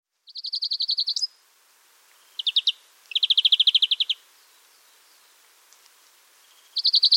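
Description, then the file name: European greenfinch song: a few fast trilled phrases of varying length, separated by pauses. "Chloris chloris"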